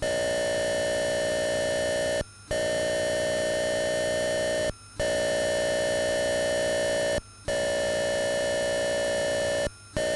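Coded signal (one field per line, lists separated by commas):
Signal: computer data on cassette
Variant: Atari 8-bit cassette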